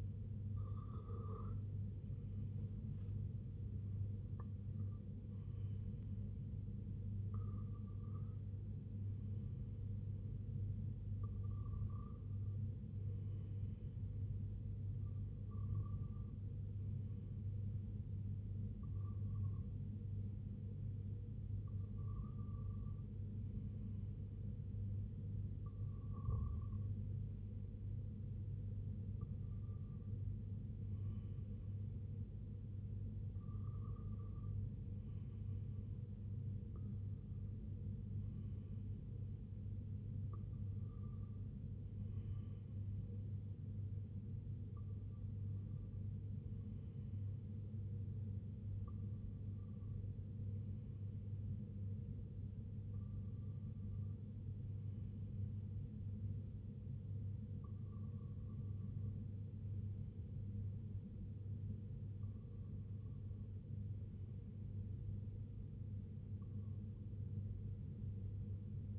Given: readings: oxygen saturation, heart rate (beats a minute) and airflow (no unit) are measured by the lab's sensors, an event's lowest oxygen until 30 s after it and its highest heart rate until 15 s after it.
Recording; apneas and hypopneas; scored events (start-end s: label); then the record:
breathing in sleep by a smartphone at the bedside; none
none scored
From the record:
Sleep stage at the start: REM sleep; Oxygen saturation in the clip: 92 to 96%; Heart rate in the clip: 67 to 82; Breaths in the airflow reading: 18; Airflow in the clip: -4.6 to 5.2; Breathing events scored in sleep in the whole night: 258 in 7.4 hours asleep